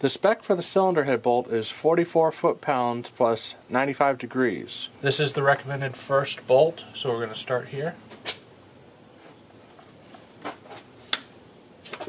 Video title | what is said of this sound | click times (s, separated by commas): How to Install Torque-To-Yield Head Bolts With a Torque Angle Gauge • Cars Simplified | there's the click so we're gonna mark it | 11.1 s